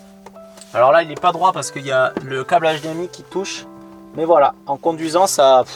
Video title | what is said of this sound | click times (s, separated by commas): 5: Transformation de mon Van en paradis pour geek 😀 Forge/Mécanique/Gaming | Je remonte, ça se clipse et ça peut plus sortir. | 0.3 s